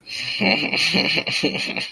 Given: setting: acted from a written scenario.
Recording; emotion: vocal sound without words; ecstasy